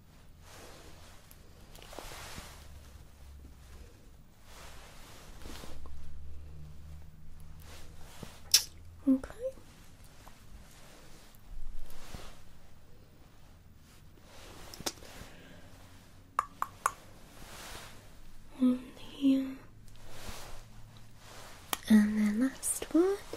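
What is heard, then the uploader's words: Hair salon sounds layered together: soft rustling, brushing and handling noises pass by in short bursts, with a low steady hum running underneath. Sharp clicks and snips pop out every few seconds, and a few brief squeaky, squishing sounds come near the end. ASMR Hair Salon Experience Colour Cut & Styling Layered Sounds.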